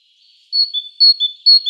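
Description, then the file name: Great tit whistling a bright two-note phrase, high note then lower note, repeated three times in quick succession. "Parus major"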